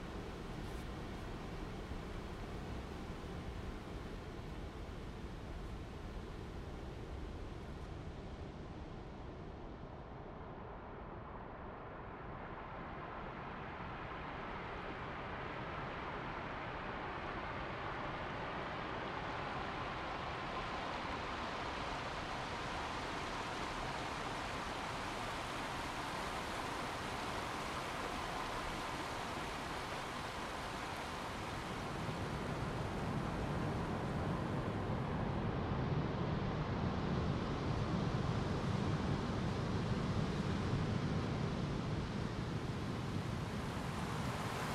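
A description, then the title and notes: Rushing river water fills the recording as a steady, dense roar with no pauses. The sound brightens and swells around the middle, and after about thirty seconds a deeper, heavier rumble takes over. A condensed and lightly processed version of a 20 minute walk around the three rivers surrounding my house, presenting their different characters.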